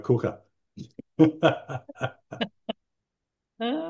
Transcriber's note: laughs